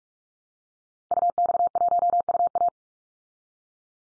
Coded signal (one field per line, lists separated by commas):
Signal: Morse code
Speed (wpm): 44 wpm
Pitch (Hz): 700 Hz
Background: none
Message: UX1UA